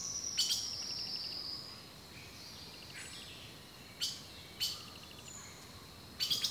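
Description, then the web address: Bird calls: high chirps and sharp chips scattered throughout over a constant insect drone. Rainforest birdsong. "The Natural Sounds of the Wilderness Echoes of Nature - Rainforest Birdsong"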